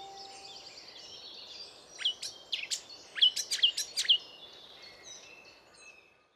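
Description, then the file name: Eurasian blackcap calls: several sharp, hard ticking notes in a quick, irregular series over faint background hiss. "Sylvia atricapilla"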